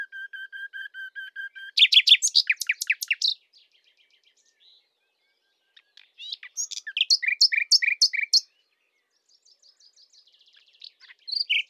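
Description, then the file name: Common nightingale song: a row of low piping whistles, then loud rattling trills, pauses, and further fast phrases of chirps. "Luscinia megarhynchos"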